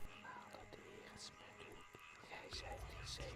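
Faint, unintelligible murmuring of a low whispered incantation in the ancient language of the Bạch Lăng clan, chanted to activate a formation, runs continuously, soft breathy syllables rising and falling without clear words, quiet throughout with a slightly fuller swell near the end.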